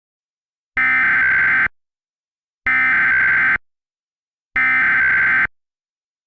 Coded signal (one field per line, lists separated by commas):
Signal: Emergency Alert System (SAME) tones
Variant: header bursts